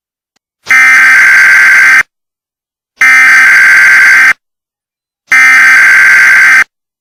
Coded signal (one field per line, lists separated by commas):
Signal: Emergency Alert System (SAME) tones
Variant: header bursts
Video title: EAS Testing